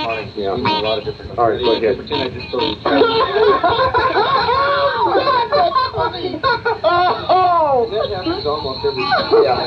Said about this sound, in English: Will now be heard as it sang on April 3rd in Gainesville, Florida. The ringing quality of distant calls has given rise to the local name of cowbell frog. The chirping of cricket frogs, the grunt of a southern bullfrog, also can be heard.